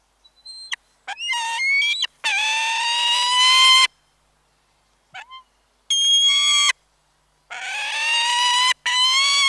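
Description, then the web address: Peregrine falcon with a few brief chirrups followed by long, harsh, grating wails lasting about a second or more each, separated by silent gaps. Close-range annoyance and chirrup calls. "BBC Falcons"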